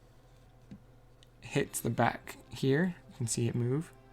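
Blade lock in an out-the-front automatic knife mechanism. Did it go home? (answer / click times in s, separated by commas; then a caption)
no / none. The back of the internal blade-lock mechanism of a disassembled out-the-front automatic switchblade (Microtech) is pushed by hand, and the metal lock is moved while someone talks, with faint ticks early on. Nothing has seated or clicked back into place yet.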